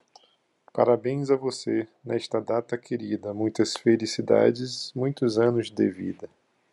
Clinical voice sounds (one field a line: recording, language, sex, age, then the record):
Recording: short text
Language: Brazilian Portuguese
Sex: male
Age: 40 to 49 years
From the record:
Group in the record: control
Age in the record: 44 years